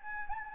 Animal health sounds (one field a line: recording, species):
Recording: mosquito wingbeat signal from an infrared sensor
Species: Anopheles gambiae